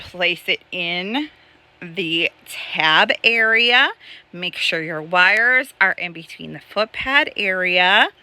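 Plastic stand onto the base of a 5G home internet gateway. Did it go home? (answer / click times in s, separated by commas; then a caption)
no / none. A plastic stand is being fitted into the tab area on the base of a T-Mobile 5G home internet gateway, with the wires placed between the foot pads, while someone talks throughout. The stand is handled but has not seated or clicked into place yet.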